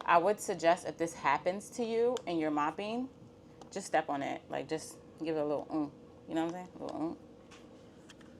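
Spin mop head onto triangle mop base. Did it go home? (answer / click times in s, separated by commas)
yes / 8.1 s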